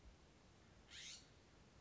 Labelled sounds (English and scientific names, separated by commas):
California Scrub-Jay (Aphelocoma californica)